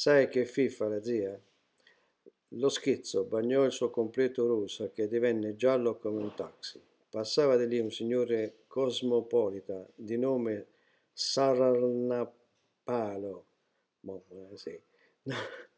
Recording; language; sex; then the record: read passage; Italian; male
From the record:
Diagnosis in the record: healthy control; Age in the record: 68 years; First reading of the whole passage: 59 s, 8.4 characters per second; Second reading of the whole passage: 56 s, 8.8 characters per second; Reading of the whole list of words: 34 s, 8.3 characters per second